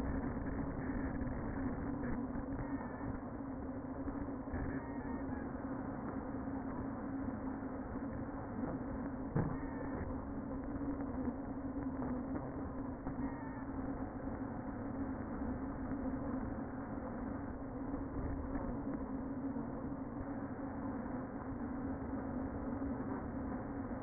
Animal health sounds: honeybee colony, microphone inside the hive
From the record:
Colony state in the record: queen present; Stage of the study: before two queens were removed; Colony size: about 60,000 bees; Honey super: yes

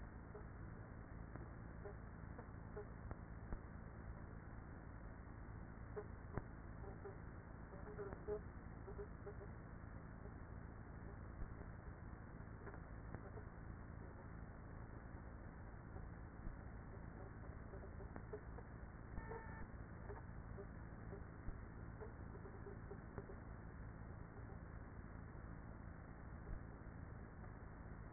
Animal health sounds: honeybee colony, microphone inside the hive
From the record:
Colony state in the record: queenless with a low population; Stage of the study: after two queens were removed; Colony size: about 30,000 bees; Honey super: no

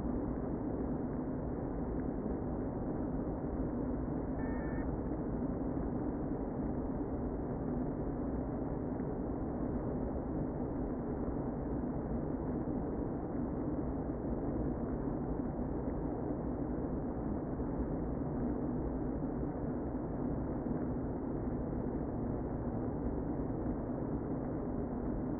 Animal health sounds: honeybee colony, microphone inside the hive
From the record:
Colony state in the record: queen present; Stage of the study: before two queens were removed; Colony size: about 60,000 bees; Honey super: yes

